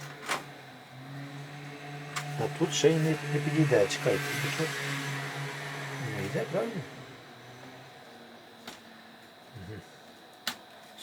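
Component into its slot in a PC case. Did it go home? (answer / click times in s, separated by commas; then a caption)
yes / 10.5 s. A PC component is pushed into its slot in a PC case while someone talks over a steady background hum. A sharp click at 10.5 s marks the component snapping into place, and it is confirmed seated.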